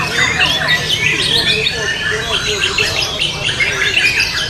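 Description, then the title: White-rumped shama singing rapid, varied whistled phrases and chirps in an unbroken flow over a constant low-pitched hum. Wild bird's natural song recorded in forest. "Kicau Asli Murai Batu Hutan"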